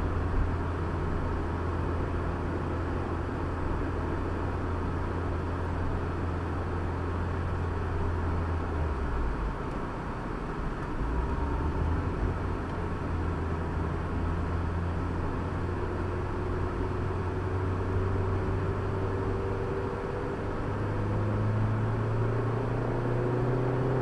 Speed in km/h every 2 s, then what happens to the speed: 50, 52, 51, 52, 48, 40, 34, 34, 37, 40, 44, 50.
0-7 steady at about 51. 7-11 brakes to 34. 14-24 speeds up to 50.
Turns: 8-19.